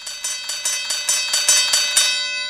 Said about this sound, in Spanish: Si no te enojas, vamos a unas campanadas, porque se viene el ganador de esta noche de la remera de Boxeo Planeta